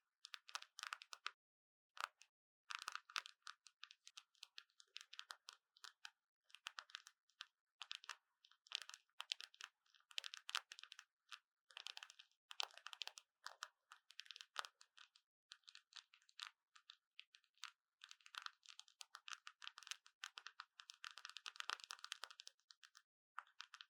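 Dense bursts of crisp crinkling and clicking run through the whole stretch, like fingers tapping and crumpling something light. The sounds come in quick irregular clusters with brief silent gaps, all bright and thin with no low rumble, growing busiest near the end.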